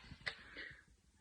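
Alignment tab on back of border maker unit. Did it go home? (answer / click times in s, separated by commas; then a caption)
yes / 0.3 s. A small plastic alignment tab on the back of a border maker unit is flipped open and clicks into its open position at 0.3 s, giving an edge to line the paper up on. A short, sharp click stands out against quiet background noise, followed by a softer rustle. The tab is seated open.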